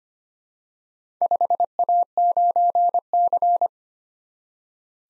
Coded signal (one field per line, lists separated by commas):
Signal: Morse code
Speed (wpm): 25 wpm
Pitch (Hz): 700 Hz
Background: none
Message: 5A9C